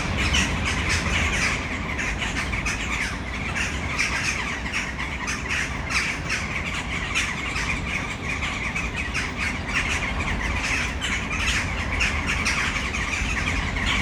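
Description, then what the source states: Western jackdaw chorus of many short, scratchy calls tumbling over one another, with a low rumble beneath. Flock in a tree, city centre of Brno, Czech Republic, Malinovského square, at sunset.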